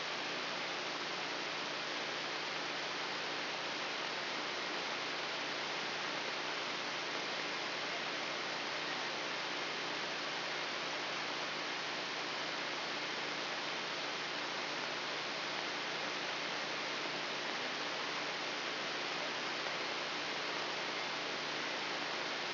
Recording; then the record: brain microelectrode recording played as sound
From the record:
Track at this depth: outside the subthalamic nucleus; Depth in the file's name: 4.906 mm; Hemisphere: left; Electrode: 3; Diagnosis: Parkinson's disease